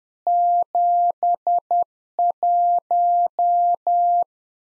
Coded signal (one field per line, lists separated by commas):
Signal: Morse code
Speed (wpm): 10 wpm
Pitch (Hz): 700 Hz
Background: none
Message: 71